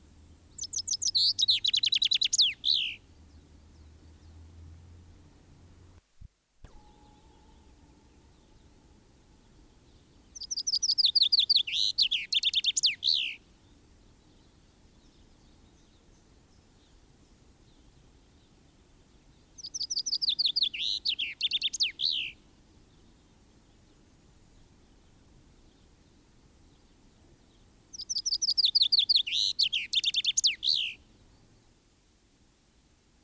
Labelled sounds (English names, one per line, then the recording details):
Common Chaffinch song
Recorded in the wild
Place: Garmisch-Partenkirchen, Bayern, DE
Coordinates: 47.4931, 11.0636
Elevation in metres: 784
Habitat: mountains
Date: 1968-04-20
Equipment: Nagra
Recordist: Tretzel, Erwin